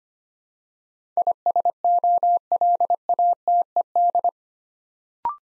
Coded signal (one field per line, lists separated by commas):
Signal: Morse code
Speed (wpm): 25 wpm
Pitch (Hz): 700 Hz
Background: none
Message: ISOLATED